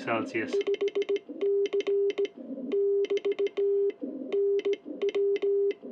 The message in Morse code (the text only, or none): 5C <BT> NW